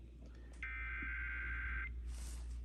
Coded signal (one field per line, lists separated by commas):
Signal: Emergency Alert System (SAME) tones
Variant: header bursts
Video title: EAS: Severe Thunderstorm Warning on WCVQ-FM (07/24/23)